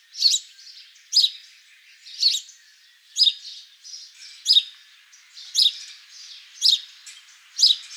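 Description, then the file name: House sparrow chirps, loud and emphatic, repeated about once a second with softer chatter between them. "Passer domesticus"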